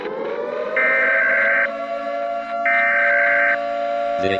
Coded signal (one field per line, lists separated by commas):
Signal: Emergency Alert System (SAME) tones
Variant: header bursts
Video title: Nuclear EAS Scenario - Aitania